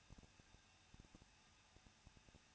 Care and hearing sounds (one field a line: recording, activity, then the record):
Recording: daily activity, microphone in the room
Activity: no activity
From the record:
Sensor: 2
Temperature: 21.0 degrees Celsius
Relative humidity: 37.3%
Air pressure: 1006.3 hPa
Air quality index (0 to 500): 221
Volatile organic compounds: 23 ppm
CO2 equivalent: 2789 ppm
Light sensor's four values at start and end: 2/3/2/2 and 2/3/2/2